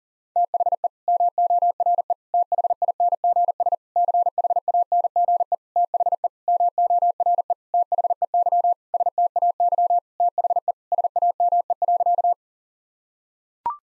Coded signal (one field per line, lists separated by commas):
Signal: Morse code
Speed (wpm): 40 wpm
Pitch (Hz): 700 Hz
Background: none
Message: THE MORE THINGS CHANGE THE MORE THEY STAY THE SAME.